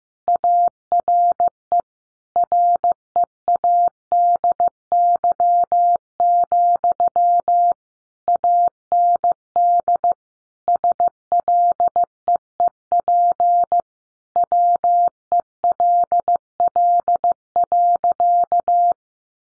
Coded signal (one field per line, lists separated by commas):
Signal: Morse code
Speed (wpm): 15 wpm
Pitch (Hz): 700 Hz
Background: none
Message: ARE READY, AND SLEEP WELL.